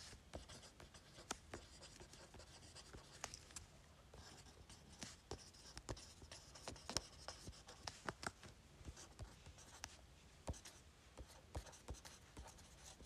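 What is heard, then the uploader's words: Pen scratches on paper, with irregular taps and strokes throughout over a soft steady background hiss. ASMR Writing Letters on Paper.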